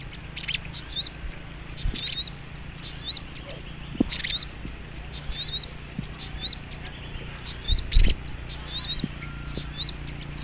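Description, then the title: Little Spiderhunter singing a run of thin, high chips, some doubled, with an uneven beat and brief louder bursts mixed in. Training (masteran) song in the Labaik style. "Masteran Burung Sogok Ontong Labaik"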